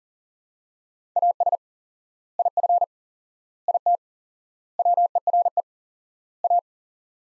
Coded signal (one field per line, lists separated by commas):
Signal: Morse code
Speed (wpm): 40 wpm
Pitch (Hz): 700 Hz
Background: none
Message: AS IF IT WERE A